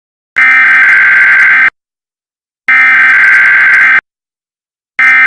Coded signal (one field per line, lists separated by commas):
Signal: Emergency Alert System (SAME) tones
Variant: header bursts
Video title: EAS Scenario #1 - PJ Masks Villians pt1